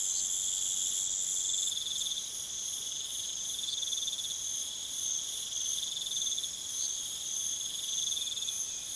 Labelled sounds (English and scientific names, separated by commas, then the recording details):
none
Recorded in pastures near Puerto Asís, Putumayo, Colombia, on 29 June 2025 at 22:30
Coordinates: 0.486, -76.323
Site H29